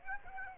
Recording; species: mosquito wingbeat signal from an infrared sensor; Aedes aegypti